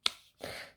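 The magnetic clasp on a handmade paper folder flap is snapped shut again, giving a sharp, loud click at 0.1 s that fades out quickly. A softer, broad rustling sound follows from about 0.4 s to 0.75 s. The clasp clicks closed and is seated.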